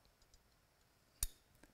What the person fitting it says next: push it down you hear it click in and now they're ready to go